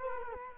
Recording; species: mosquito wingbeat signal from an infrared sensor; Culex quinquefasciatus